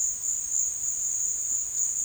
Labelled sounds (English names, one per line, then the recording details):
none
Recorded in dense forest near Puerto Asís, Putumayo, Colombia, on 8 March 2025 at 16:30
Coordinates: 0.484, -76.317
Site G064